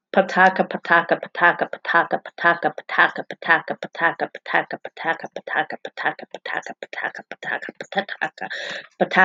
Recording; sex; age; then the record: repeated syllables /pa ta ka/; female; 40 to 49 years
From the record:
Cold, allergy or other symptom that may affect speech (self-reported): no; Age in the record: 45 years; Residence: Pennsylvania, United States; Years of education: 17